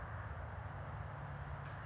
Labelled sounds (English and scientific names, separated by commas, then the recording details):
California Towhee (Melozone crissalis)
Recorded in Sonoma County, California